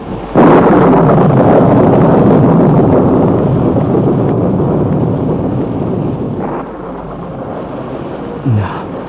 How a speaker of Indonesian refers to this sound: Walaupun di luar badai akan mengamuk, aku tidak akan kehujanan.